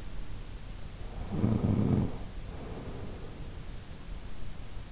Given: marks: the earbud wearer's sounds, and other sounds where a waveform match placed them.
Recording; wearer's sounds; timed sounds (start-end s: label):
sounds in sleep by an in-ear microphone; snoring breath
1.24-3.44 s: snoring breath